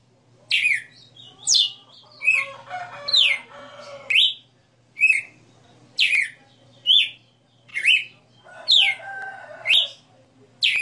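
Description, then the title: Red-cowled cardinal delivering repeated sliding whistled notes, about one a second, with two stretches of scratchy, harmonic chatter. Female bird singing live; the song is described as sixty notes. "Canto Galo Campina Fêmea. Galo de Campina 60 NOTAS Cantando Ao vivo"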